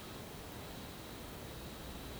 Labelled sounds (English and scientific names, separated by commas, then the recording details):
none
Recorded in pastures near Puerto Asís, Putumayo, Colombia, on 21 March 2025 at 11:00
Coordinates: 0.486, -76.323
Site G075